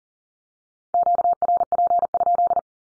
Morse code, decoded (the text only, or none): QRP?